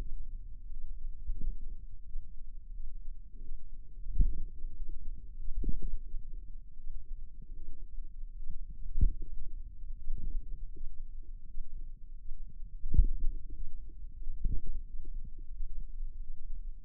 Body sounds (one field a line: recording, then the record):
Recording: forearm muscle sounds (acoustic myography)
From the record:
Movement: pen grasping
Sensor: system 2, bracelet of six BSWA MPA416 microphones around the upper forearm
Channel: 4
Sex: female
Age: 23 years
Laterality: right